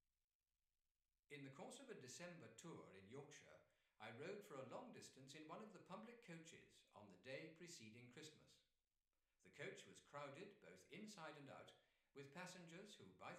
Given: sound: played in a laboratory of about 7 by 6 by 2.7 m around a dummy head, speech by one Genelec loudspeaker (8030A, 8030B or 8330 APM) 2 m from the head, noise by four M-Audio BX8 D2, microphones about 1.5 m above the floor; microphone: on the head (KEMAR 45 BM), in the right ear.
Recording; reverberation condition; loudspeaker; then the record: male speech in English; medium; 90 degrees to the right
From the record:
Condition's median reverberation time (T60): about 510 ms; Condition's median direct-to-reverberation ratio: about -0.5 dB